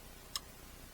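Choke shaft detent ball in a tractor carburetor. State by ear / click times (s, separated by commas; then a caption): seated / 0.4 s. The choke shaft on a rebuilt Farmall M tractor carburetor is rotated to full open, and its spring-loaded detent ball drops into its notch with a single sharp, bright click at 0.4 s over low background noise. The choke detent latches into the full-open position.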